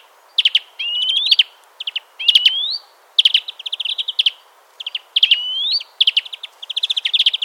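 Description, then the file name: European greenfinch giving rapid twittering trills interspersed with rising nasal whistles, nearly continuous bursts of bright chirps. "Chloris chloris"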